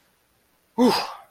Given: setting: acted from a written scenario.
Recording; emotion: vocal sound without words; triumph